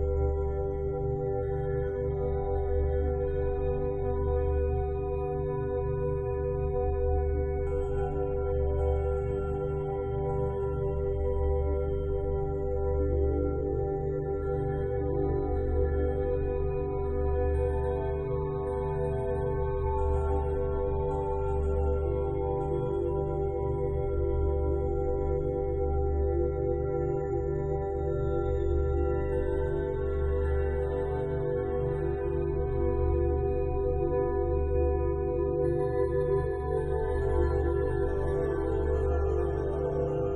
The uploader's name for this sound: 9HZ meditation frequency